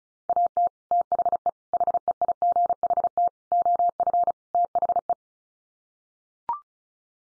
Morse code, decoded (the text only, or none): AT THE HEIGHT OF THE